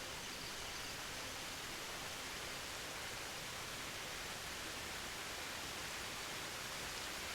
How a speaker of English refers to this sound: you reach an opening and hear the thundering sound of water as it falls over the cliffs above the trees. A magnificent waterfall comes into view.